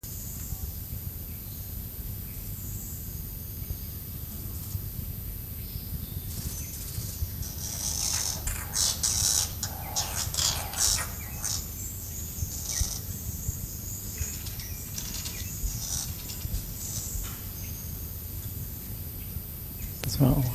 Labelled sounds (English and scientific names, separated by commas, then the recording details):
Bearded Barbet (Lybius dubius) call
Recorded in captivity
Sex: group
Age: adult
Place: Zoo Berlin, Berlin, DE
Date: 2005-09-01 15:33
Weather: sonnig, 24°C
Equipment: Panasonic RQ-2102, Sennheiser ME 80, Kopie Uher 4000 Report Monitor
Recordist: Tembrock, Günter
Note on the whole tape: Mehrere Tiere, sitzen beieinander: Lautfolgen